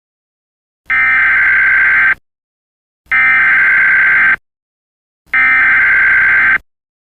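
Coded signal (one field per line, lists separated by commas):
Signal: Emergency Alert System (SAME) tones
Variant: header bursts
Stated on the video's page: Fictional EAS tones made for a short horror film; simulated, not a real activation.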